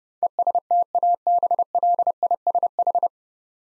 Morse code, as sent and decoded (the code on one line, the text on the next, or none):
. ... - .- -... .-.. .. ... ....
ESTABLISH